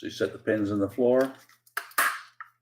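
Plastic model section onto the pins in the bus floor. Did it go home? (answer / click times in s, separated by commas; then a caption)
yes / 1.8 s, 2.0 s. Someone talks as a plastic section of an Agora Models Routemaster bus model, which earlier would not go in because of the locating pins in the floor, has its pins set into the bus floor and is pressed down. Sharp clicks at 1.8 s and 2.0 s mark the part popping into place, fully seated on its pins.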